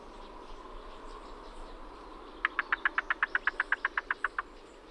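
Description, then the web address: Yellow-billed cuckoo knock call: a quick series of wooden knocking notes in the second half. "Yellow Billed Cuckoo YBCUVocalizations Cuckoo Knock Call"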